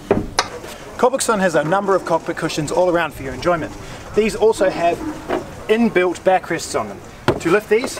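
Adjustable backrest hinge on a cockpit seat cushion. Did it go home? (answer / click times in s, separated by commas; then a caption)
no / none. Someone talks while handling the adjustable backrest hinge built into a cockpit seat cushion, getting ready to lift the backrest to the desired height so its ratchet hinge clicks and locks. Two short sharp knocks sound near the start, but nothing has seated or clicked yet.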